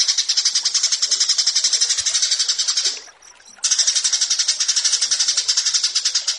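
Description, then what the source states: Horsfield's bush lark song: rapid, buzzy, high notes pulsing steadily, interrupted once by a brief lull. Bird-keeping song tutoring recording (masteran) of a Javan bush lark, presented alongside another bird in a versus format.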